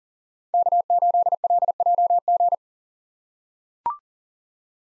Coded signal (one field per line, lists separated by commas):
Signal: Morse code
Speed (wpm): 40 wpm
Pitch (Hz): 700 Hz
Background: none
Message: K8LJG